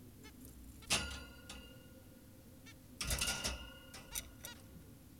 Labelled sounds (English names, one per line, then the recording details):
Zebra Finch
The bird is an adult
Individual g17y2U